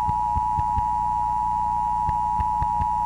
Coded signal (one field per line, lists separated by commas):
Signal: Emergency Alert System (SAME) tones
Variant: 853 and 960 Hz attention tone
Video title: The Evolution of the Emergency Broadcast System (E.B.S.)